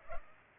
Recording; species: mosquito wingbeat signal from an infrared sensor; Culex pipiens